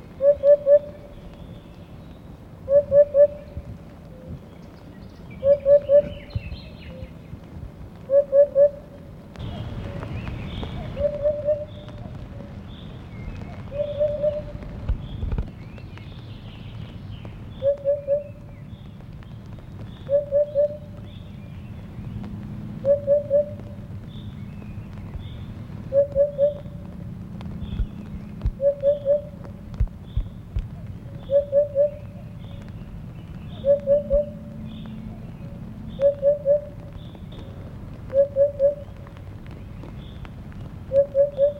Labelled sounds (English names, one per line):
Eurasian Hoopoe song